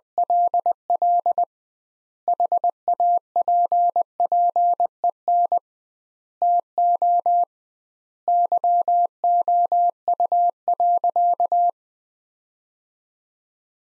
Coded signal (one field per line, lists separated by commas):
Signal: Morse code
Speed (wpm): 19 wpm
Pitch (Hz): 700 Hz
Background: none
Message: LL HAPPEN TO YOU.